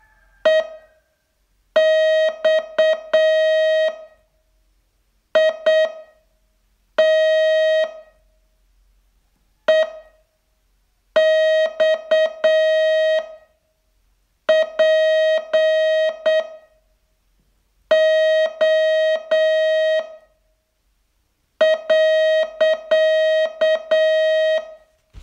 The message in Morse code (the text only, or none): EXIT EXPO.